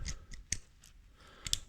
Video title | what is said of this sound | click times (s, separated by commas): Rebuilding The Morris 1800! Clutch Hydraulics Rebuild! | Then this snaps back into place inside here, | 0.5 s, 1.5 s